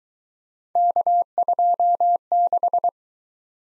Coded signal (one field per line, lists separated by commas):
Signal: Morse code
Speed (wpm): 24 wpm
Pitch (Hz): 700 Hz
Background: none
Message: K26